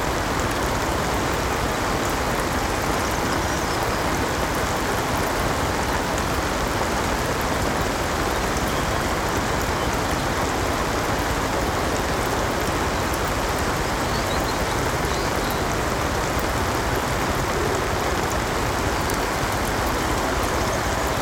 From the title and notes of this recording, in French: Pluie d'Été Douce ASMR | Ambiance du Canal Urbain. Un paisible bateau-maison amarré dans les charmants canaux d'Utrecht, où le doux clapotis de la pluie d'été crée un paysage sonore ASMR apaisant. Le doux ballet rythmique de la pluie sur le bateau-maison et le chemin d'eau voisin se mêle au bourdonnement lointain de la ville.